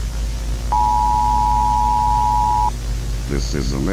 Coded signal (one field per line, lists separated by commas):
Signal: Emergency Alert System (SAME) tones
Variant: 853 and 960 Hz attention tone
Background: speech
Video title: EAS Scenario: “THE SIGNAL” (19th October 1999) *RE-UPLOAD*